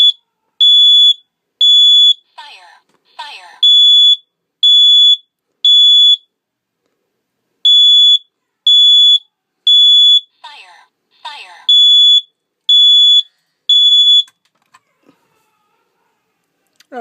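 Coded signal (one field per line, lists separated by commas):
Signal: alarm pattern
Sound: high shrill half-second beeps in repeating sets of three, a man talking between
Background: man talking, small room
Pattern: temporal three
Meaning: Temporal-three evacuation signal: smoke detected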